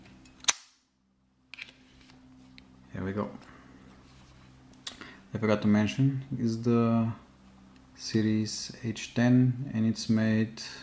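A picked American double-wafer padlock, series H10, has its shackle spring open from the lock body with a sharp snap at 0.5 s. After a short silence, a few faint knocks follow before someone talks.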